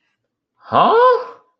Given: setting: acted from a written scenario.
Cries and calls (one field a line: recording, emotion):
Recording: vocal sound without words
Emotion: confusion